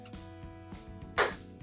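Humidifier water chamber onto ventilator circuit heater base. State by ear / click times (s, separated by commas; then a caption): not seated / none. A plastic humidifier chamber that comes with an infant breathing circuit for a PB 980 ventilator is being slid onto the top of the heater base with the blue lever pressed down. A steady tonal hum runs throughout, with faint handling thumps and a brief louder broadband scrape around 1.2 s. The clip ends before the chamber locks in place, and nothing has clicked or seated yet.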